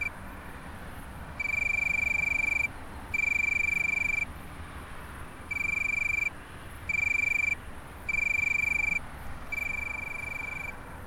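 Tree cricket song: clear high continuous trills lasting about a second, separated by pauses of varying length, repeated over faint low hiss.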